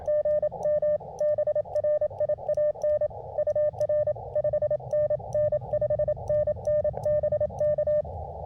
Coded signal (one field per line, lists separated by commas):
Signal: Morse code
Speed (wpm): 27 wpm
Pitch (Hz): 600 Hz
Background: none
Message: GM BRIAN UR 5NN 5NN BK